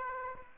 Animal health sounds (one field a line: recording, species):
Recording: mosquito wingbeat signal from an infrared sensor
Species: Aedes aegypti